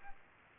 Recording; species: mosquito wingbeat signal from an infrared sensor; Aedes albopictus